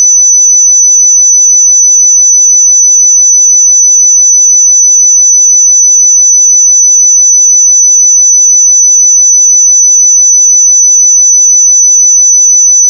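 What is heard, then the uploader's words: A pure sine tone at 5998 Hz holds perfectly steady for the whole thirteen seconds. The pitch is high and thin, and the level never changes. There are no other sounds, only the single unbroken whistle from start to finish. 5998 Hz 1 Hz Interval Sine Pure Tone Frequency 441000 Sample Mono.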